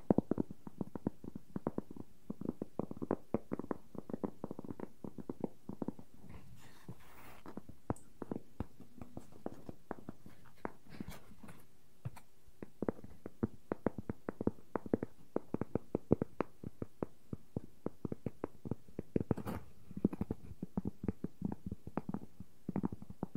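Wooden objects tap and scratch in a dense, irregular run of quick knocks, mostly low and woody, with brief scraping passages around seven and twenty seconds.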